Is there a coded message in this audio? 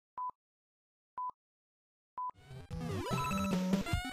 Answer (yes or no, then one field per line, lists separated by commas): no